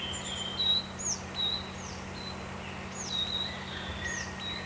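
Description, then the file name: Coal tit song of repeated high, piping paired notes, a sliding note followed by a flat whistle, over steady low hum. "moskovka"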